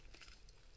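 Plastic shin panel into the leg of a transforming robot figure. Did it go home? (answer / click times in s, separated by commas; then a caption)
no / none. A black plastic shin panel is being pushed into the leg of a plastic transforming robot figure, with a part opened up to make room for it. Soft scraping and handling noises from the plastic parts are heard over about 0.8 seconds. Nothing has seated or clicked into place yet.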